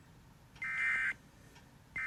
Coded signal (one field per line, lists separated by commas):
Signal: Emergency Alert System (SAME) tones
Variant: end-of-message bursts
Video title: Reacting To EAS Scenario #1: Area 51 Nightmare By Superstar Studios Animations